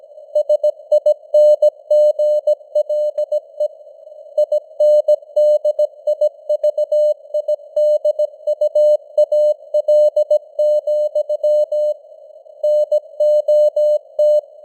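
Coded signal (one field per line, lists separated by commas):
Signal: Morse code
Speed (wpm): 17 wpm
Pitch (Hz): 600 Hz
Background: none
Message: SINGLE INDIVIDUAL, NOT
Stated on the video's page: News headlines sent in Morse at 17 wpm with simulated radio noise and varying signal strength (QSB).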